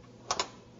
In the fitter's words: just sew and then all I have to do is press down until I hear a clicking sound clicking